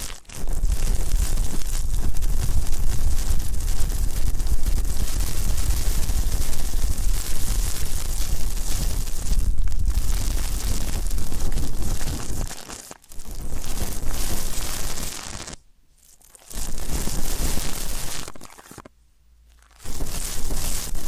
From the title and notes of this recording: ASMR Deep Ear Canal & Eardrum Cleaning (No Talking).